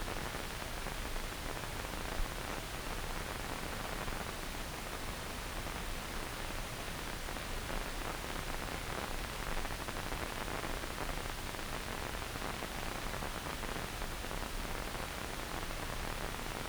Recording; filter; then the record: brain microelectrode recording played as sound; wide band, above 20 Hz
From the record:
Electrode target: subthalamic nucleus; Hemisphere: left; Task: reaching with the right hand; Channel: 1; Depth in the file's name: 0.251 mm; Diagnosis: Parkinson's disease